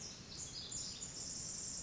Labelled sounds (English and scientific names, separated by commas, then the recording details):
Pacific Wren (Troglodytes pacificus)
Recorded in Sonoma County, California